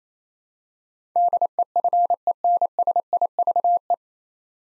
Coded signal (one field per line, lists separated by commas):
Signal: Morse code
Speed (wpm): 27 wpm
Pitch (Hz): 700 Hz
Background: none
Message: DEFENSIVE